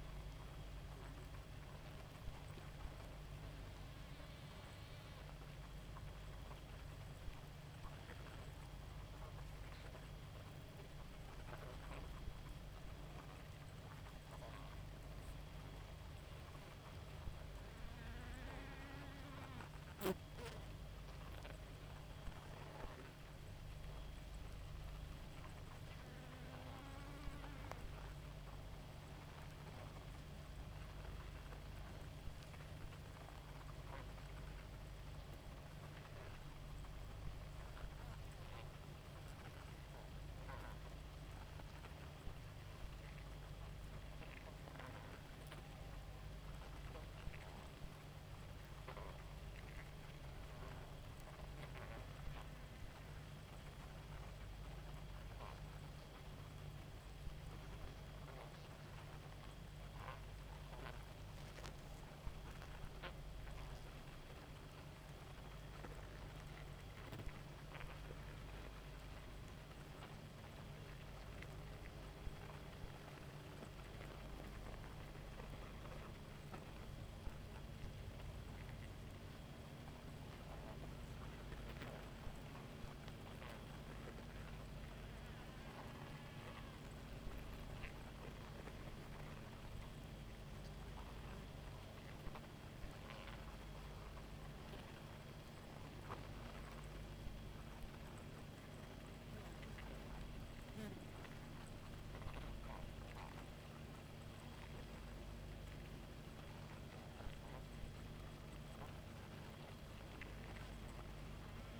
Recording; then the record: honeybee colony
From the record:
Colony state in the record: active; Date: 28 July 2017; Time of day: 0:15